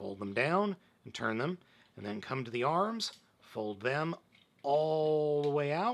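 Someone talks while handling a plastic transforming toy, folding its arms all the way out and flipping them around toward the shoulder joints. Only speech is heard, with no distinct click. Nothing has seated or clicked yet; the arm has not snapped into place by the end of the clip.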